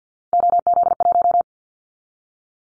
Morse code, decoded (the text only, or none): OZ1